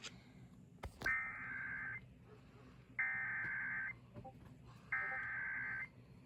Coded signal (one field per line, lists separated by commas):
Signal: Emergency Alert System (SAME) tones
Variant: header bursts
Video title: SVR GALORE XIV: EXTREME NORTHERN PLAINS ACTION... EAS Alerts from 6/15-16/24 (EAS #4,331 - 4,369)